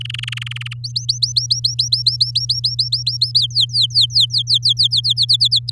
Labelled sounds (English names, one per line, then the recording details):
Domestic Canary song
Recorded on 8 May 2018 at 07:10
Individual llb16